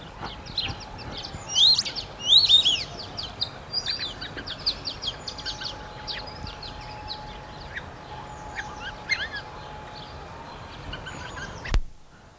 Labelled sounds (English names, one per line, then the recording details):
White-faced Whistling Duck call
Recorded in captivity
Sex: group
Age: adult
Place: Tierpark Berlin, Berlin, DE
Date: 1981-04-18
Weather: sunny, 1-6°C
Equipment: Nagra SN, Kopie Uher 4200
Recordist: Tembrock, Günter